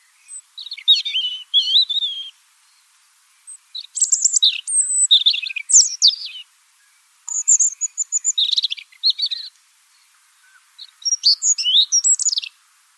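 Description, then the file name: European robin delivering four separate phrases of sweet, tinkling high notes and fast trills, with silent pauses of a second or more between them. "Rouge gorge"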